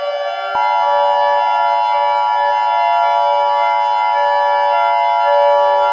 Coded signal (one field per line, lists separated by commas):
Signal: Emergency Alert System (SAME) tones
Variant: 853 and 960 Hz attention tone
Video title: Mini EAS Scenario: Clash of the Thundermans